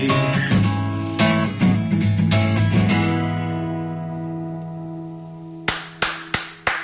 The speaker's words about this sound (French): Bravo. En direct live dans les studios de Radio Arc-en-Ciel. Ouais. Avec la foule en délire. Voilà, j'étais tout seul à applaudir, donc je lui demande un petit peu de renfort, et puis voilà, il suffit de demander